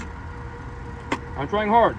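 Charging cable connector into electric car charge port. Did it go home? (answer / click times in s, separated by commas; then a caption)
no / none. A public charger's plug is pushed hard into a Tesla's charging port while someone talks, with a short knock at about 1.1 s that is not a latch click. The connector does not seat and no click is heard, because the charger is out of service.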